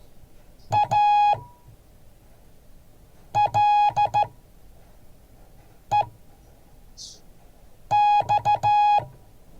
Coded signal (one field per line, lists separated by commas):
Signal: Morse code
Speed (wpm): 13 wpm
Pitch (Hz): 830 Hz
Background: none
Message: ALEX